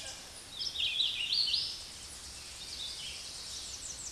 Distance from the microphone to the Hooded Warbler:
about 20 m